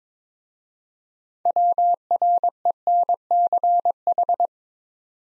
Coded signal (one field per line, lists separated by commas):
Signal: Morse code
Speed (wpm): 21 wpm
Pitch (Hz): 700 Hz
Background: none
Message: WRENCH